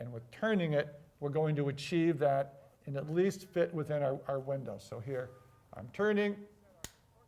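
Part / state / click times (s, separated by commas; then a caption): click-type torque wrench on a bicycle bolt / torque reached / 6.8 s. A click-type torque wrench is turned slowly on a bicycle bolt while someone talks. At 6.8 s the wrench breaks over with a short, sharp click, signaling that the set torque has been reached and it is time to stop turning.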